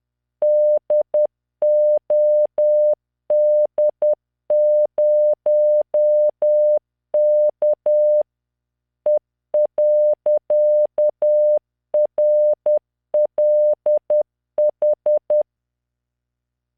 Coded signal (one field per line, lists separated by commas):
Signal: Morse code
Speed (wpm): 10 wpm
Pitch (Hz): 600 Hz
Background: none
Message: DOD0K E.RLH